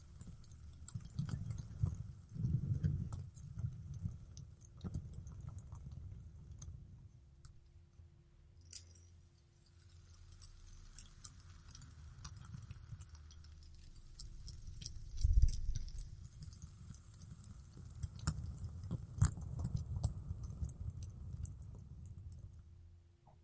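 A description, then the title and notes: A fidget spinner is handled and spun, with steady low whirring, scattered light clicks and taps, and a sharp knock near fifteen seconds. ASMR Fidget Spinner Sounds Tapping and Spinning.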